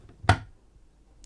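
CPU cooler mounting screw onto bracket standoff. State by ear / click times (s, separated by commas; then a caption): seated / 0.3 s. A screwdriver is turned backwards on the spring-loaded mounting screw of a Jiushark JF100RS Crystal ARGB CPU tower cooler for AMD AM4/AM5 motherboards. At 0.3 s the thread drops onto the metal standoff protruding from the bracket with a single sharp click, followed by faint ticks. The click shows the thread is seated and ready to engage.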